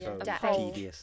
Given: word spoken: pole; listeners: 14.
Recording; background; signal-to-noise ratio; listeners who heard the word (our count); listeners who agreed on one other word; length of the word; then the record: one English word in noise, from a listening test; four-talker babble; 0.9 dB; 2 of 14; 6 of 14; 0.63 s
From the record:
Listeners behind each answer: 6, 2, 2, 1, 1, 1, 1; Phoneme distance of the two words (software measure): 38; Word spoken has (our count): 1 syllable, 3 phonemes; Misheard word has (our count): 2 syllables, 5 phonemes, stress on syllable 2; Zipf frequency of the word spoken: 4.31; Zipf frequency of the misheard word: 3.82